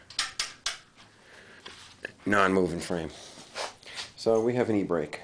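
A parking brake handle is pulled up, and its ratchet clicks three times in its mount at 0.2, 0.4 and 0.7 seconds as it locks into position, setting the brake. A fainter tap follows, then someone talks.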